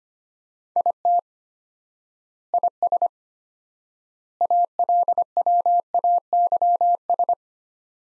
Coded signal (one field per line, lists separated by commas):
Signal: Morse code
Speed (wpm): 25 wpm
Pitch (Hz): 700 Hz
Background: none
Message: IT IS ALWAYS